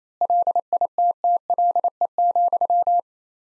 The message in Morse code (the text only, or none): LITTLE,